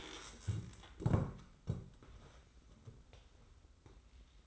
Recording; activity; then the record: daily activity, microphone in the room; stand up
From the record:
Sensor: 3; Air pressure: 990.4 hPa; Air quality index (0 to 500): 171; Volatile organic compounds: 1000 ppm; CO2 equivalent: 5540 ppm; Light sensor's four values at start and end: 44/102/42/40 and 44/102/42/40